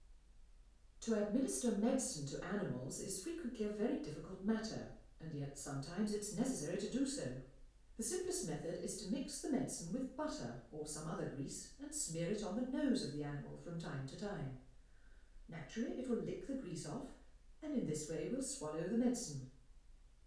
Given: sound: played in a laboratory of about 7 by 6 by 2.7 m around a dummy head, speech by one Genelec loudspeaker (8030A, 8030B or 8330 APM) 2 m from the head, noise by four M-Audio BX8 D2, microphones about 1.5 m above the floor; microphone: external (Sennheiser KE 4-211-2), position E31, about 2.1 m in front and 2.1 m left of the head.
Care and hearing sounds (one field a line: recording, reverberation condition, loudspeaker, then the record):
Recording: female speech in English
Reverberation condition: medium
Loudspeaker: 30 degrees to the right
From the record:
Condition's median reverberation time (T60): about 510 ms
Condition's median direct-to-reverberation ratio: about -0.5 dB